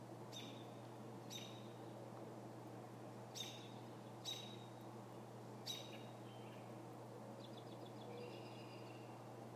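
American robin giving abrupt, sharp high call notes at irregular intervals of one to two seconds, over a constant low hum.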